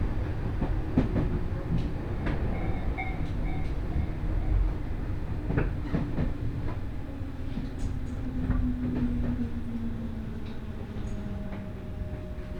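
A local train on the Senseki Line runs between Matsushima-Kaigan and Ishinomaki, with a steady low rumble and rattle throughout. Sharp clicks and knocks come every second or so, and a faint hum slowly drops in pitch over the middle stretch before a higher tone appears near the end.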